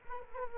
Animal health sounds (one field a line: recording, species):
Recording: mosquito wingbeat signal from an infrared sensor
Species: Culex quinquefasciatus